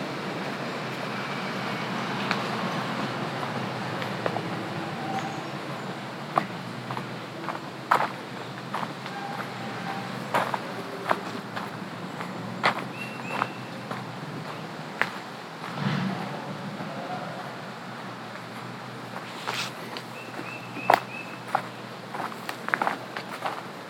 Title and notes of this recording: A Walk in the Woods. Sounds of birds singing in the trees, the scuff of hiker’s boots, and crunching gravel underfoot